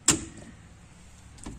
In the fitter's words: the thing that clicked was that q strength down there so it's unlocked now and i can just pull her back